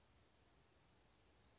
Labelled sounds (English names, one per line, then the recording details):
Western Flycatcher
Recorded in Sonoma County, California